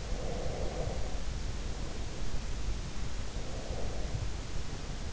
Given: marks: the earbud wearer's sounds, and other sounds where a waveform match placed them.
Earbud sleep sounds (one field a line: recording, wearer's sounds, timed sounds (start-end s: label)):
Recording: sounds in sleep by an in-ear microphone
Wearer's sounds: breath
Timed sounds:
0.00-2.01 s: breath
3.18-4.90 s: breath